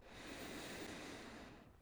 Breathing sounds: one breath near a microphone; inhalation

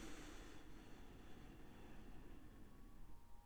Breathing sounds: one breath near a microphone; inhalation

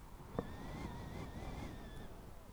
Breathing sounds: one breath near a microphone; exhalation

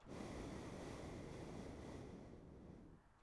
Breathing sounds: one breath near a microphone; exhalation

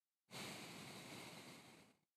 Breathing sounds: one breath near a microphone; exhalation

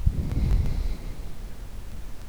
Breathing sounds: one breath near a microphone; exhalation

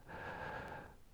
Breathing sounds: one breath near a microphone; inhalation

